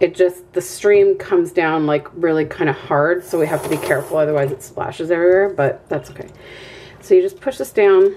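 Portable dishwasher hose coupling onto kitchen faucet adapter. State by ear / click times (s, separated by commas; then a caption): not seated / none. A portable dishwasher's hose coupling is being handled over a kitchen faucet adapter while someone talks, with faint water sounds in the background. Nothing has seated or clicked yet.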